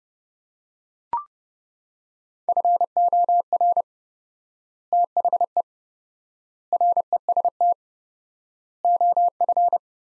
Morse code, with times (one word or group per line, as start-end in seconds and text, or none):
2.5-3.8 FOR
4.9-5.6 THE
6.7-7.7 REST
8.8-9.8 OF